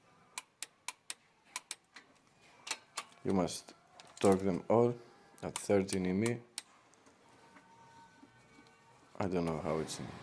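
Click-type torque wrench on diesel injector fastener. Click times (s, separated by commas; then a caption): 0.6 s, 0.9 s. A click-type torque wrench tightens an injector hold-down fastener on a six-cylinder Iveco Deutz Magirus 90 diesel engine to about 30 Nm, clicking at least twice per fastener as required. Sharp clicks ring out early, with the wrench clicking at its setting at 0.6 s and 0.9 s. Then someone talks.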